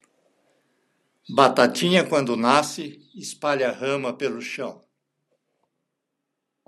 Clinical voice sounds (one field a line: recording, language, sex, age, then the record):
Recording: short text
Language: Brazilian Portuguese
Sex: male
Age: 60 to 69 years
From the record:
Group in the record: control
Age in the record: 67 years